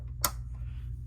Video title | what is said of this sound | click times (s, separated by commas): How To Set Tension On Janome HD-9!! (PLUS FIX) | so now it's clicked into place i'm going to put this back on | 0.2 s